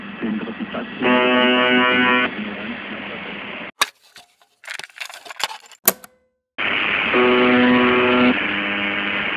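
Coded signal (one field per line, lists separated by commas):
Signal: numbers station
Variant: UVB-76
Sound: radio hiss with two low rasping buzzes about a second each, brief other sounds between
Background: radio static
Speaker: coloquialmente a la emisión se le dio el nombre de The buer pues durante 23 horas y 50 minutos todos los días Solo parando 10 minutos se escucha un zumbido intermitente es el siguiente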